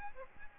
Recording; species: mosquito wingbeat signal from an infrared sensor; Aedes aegypti